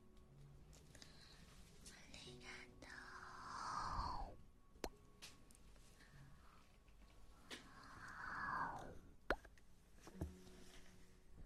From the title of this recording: Ear Eating